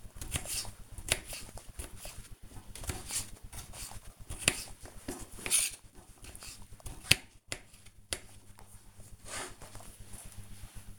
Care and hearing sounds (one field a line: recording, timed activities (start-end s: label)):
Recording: household activities, microphone on the right wrist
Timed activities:
0.00-9.24 s: cutting vegetables